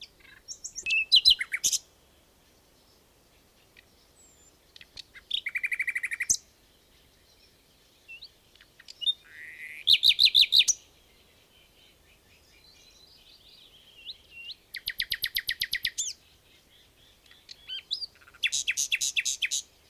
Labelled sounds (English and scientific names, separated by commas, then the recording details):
Common Nightingale (Luscinia megarhynchos) song
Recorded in the wild
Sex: male
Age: adult
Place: Hüde, Niedersachsen, DE
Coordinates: 52.4833, 8.35
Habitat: lake
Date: 1969-05-15
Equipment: Uher 4000 Report-S, Bändchenmikro Beyer M 260, Parabolspiegel Polyester (470 mm)
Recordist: Conrads, Klaus